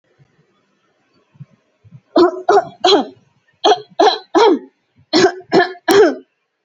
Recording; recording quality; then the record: shallow voluntary cough; excellent, no background noise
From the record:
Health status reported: healthy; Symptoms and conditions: none ticked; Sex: female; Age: 28 years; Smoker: not ticked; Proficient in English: yes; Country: India